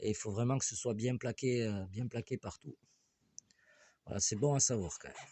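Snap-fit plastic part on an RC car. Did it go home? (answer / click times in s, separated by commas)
yes / 3.4 s, 3.5 s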